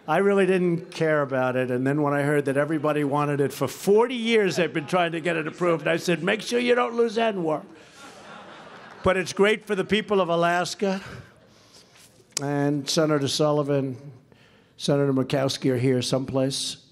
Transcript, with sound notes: I really didn’t care about it, and then when I heard that everybody wanted it—for 40 years, they’ve been trying to get it approved, and I said, “Make sure you don’t lose ANWR.” (Laughter.) But it’s great for the people of Alaska. And Senator Sullivan and Senator Murkowski are here someplace.